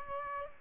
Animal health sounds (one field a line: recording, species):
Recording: mosquito wingbeat signal from an infrared sensor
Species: Aedes aegypti